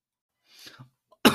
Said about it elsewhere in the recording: I started coughing when I started this recording bit.